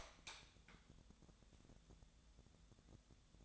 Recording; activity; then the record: daily activity, microphone in the room; light on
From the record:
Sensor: 3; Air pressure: 1000.0 hPa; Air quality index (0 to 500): 125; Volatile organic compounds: 2 ppm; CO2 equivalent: 1117 ppm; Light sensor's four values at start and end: 36/91/38/42 and 37/96/41/44